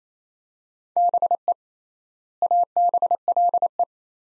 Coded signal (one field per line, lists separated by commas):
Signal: Morse code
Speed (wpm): 28 wpm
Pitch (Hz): 700 Hz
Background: none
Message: BE ABLE